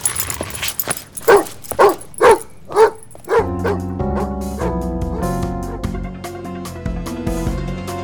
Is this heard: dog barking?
yes